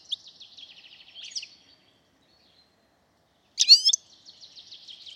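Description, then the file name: European goldfinch twittering: rapid buzzy, tinkling trills, a silence of about two seconds, then a loud burst of sharp chirps followed by more quick twittering. "Carduelis carduelis"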